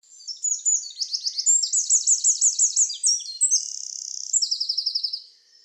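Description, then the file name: Eurasian wren delivering a long high-pitched burst of rapid trills and ringing notes, including a fast dry rattle midway, ending after about five seconds. "Troglodytes troglodytes"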